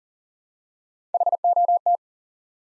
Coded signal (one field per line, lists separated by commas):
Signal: Morse code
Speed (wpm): 42 wpm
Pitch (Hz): 700 Hz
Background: none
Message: HOT